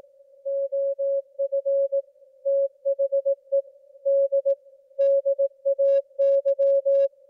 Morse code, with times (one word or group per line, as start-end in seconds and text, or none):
0.5-2.0 OF
2.5-3.6 THE
4.1-4.5 D
5.0-7.1 DAY